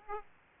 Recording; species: mosquito wingbeat signal from an infrared sensor; Aedes aegypti